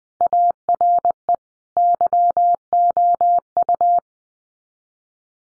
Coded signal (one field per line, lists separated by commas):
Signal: Morse code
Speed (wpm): 20 wpm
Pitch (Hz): 700 Hz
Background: none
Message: ARE YOU